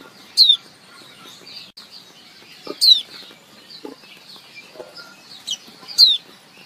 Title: Suara Pleci Betina Memanggil Jantan agar Gacor - Suara Pleci Betina untuk Terapi. Leyden Fugle